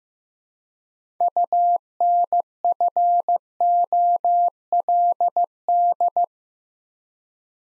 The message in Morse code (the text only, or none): UNFOLD